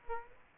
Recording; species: mosquito wingbeat signal from an infrared sensor; Aedes aegypti